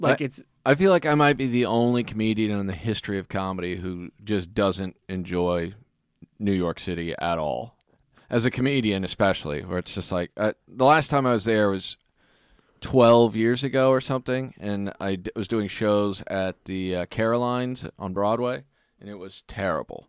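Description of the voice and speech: A man speaks fluently at a relaxed conversational pace with clear, ordinary voicing and natural pauses; typical speech.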